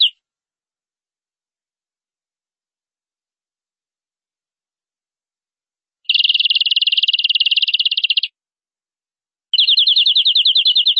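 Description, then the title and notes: Canary song: after a long silence, a very rapid, buzzy trill lasting about two seconds, then a pause and a second fast trill. "Suara Burung Kenari"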